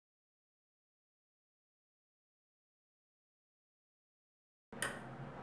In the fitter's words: clicks right in and then the side that goes to the cach door can be found on underneath the cach door